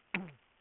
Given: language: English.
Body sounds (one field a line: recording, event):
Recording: throat vibration sensor signal played as sound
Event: throat clearing